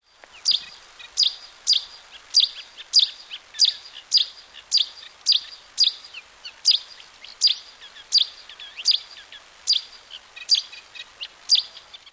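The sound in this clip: Cetti's warbler calls, sharp clicking notes repeated steadily through the whole stretch.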